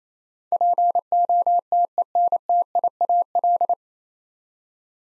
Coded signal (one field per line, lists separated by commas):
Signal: Morse code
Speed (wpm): 28 wpm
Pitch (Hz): 700 Hz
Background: none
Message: POTENTIAL